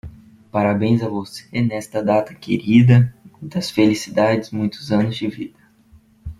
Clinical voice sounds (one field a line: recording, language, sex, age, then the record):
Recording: short text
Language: Brazilian Portuguese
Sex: male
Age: 20 to 29 years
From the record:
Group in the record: control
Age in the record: 20 years